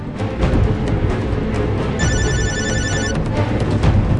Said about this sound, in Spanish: En ese preciso momento sonó su celular.